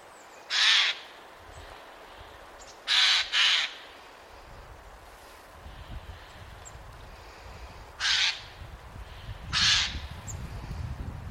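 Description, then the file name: Eurasian jay calling with loud, grating screeches: one, then a close double, later two more spaced single shrieks, with a low rumble in the background toward the end. "Garrulus glandarius"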